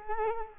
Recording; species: mosquito wingbeat signal from an infrared sensor; Culex quinquefasciatus